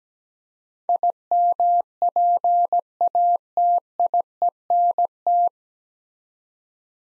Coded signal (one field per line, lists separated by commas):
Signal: Morse code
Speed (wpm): 17 wpm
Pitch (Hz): 700 Hz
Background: none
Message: IMPATIENT